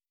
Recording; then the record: hydrophone in a shrimp aquaculture tank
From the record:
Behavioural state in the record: starved